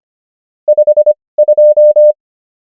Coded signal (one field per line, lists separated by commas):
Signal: Morse code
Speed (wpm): 25 wpm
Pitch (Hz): 600 Hz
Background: none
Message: 5 2